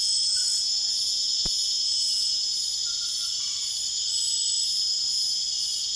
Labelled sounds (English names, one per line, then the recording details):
none
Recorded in secondary vegetation near Puerto Asís, Putumayo, Colombia, on 22 June 2025
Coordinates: 0.488, -76.319
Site G094